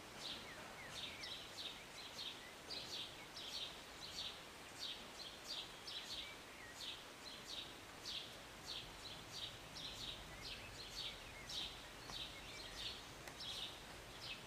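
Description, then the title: Birds keep up a lively run of high chirps, roughly one and a half each second, over a steady rain-like hiss. Birds singing and chirping in short morning rain, recorded on a city balcony on a Sunday morning. "Rainy Morning with Birds Chirping"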